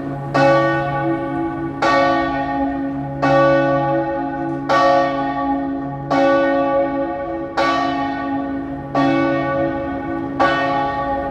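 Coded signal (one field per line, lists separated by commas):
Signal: bell signal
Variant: distesa of great bell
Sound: a single large church bell swinging, struck steadily about every 1.4 seconds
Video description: Battiore delle 15:00 e distesa del campanone per la Passione di Cristo del Venerdì (dura 1 minuto).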